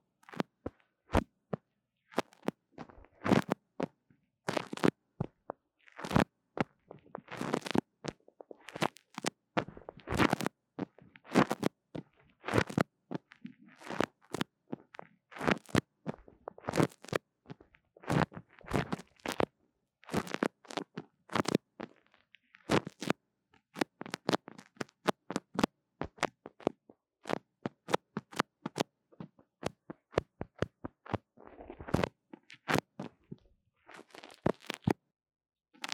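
Tapping and scratching on a mini microphone, heard as a dense, irregular run of sharp clicks and crunchy hits. Clusters of quick taps alternate with brief pauses throughout, some strikes louder and fuller than others, with near silence between them.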